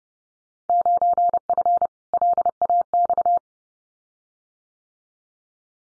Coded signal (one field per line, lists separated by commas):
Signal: Morse code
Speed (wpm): 31 wpm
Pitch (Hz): 700 Hz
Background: none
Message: 9F LAX